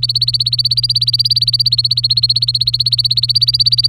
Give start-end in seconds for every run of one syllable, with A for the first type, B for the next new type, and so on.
0.02-3.89 A